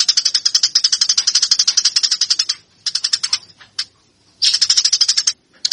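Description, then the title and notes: Eurasian tree sparrow delivering rapid harsh chirps in bursts, with a quiet gap and a single isolated chirp between runs. Fighting call, used for training birds. "MASTER GEREJA TARUNG. burung gereja"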